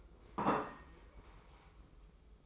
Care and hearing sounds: daily activity, microphone in the room; place plate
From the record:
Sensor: 1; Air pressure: 995.3 hPa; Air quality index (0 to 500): 29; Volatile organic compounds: 1 ppm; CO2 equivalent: 550 ppm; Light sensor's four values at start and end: 13/47/17/17 and 13/47/17/17

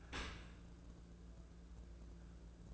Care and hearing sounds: daily activity, microphone in the room; open dishwasher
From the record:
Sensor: 2

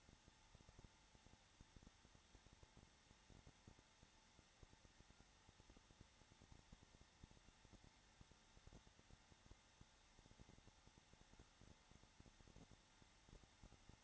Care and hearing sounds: daily activity, microphone in the room; no activity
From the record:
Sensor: 3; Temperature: 21.3 degrees Celsius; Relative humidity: 33.3%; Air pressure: 994.5 hPa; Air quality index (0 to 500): 168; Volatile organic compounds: 3 ppm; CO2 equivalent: 1459 ppm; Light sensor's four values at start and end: 2/3/2/2 and 2/3/2/2

